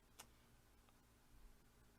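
A turntable platter is set down onto the motor spindle with its indent lined up to the little button, and it clicks into place. A sharp click sounds at 0.2 s, followed by a faint lighter tick near 0.9 s, and the platter is confirmed seated.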